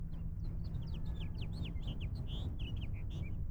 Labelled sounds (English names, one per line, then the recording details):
House Finch song
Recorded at Oceanside on Long Island, New York, on 17 June 1975
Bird E